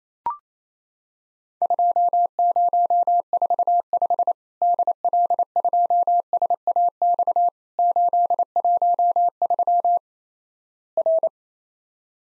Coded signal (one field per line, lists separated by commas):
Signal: Morse code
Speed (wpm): 28 wpm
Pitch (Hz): 700 Hz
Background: none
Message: 2045 DL2SAX 813 R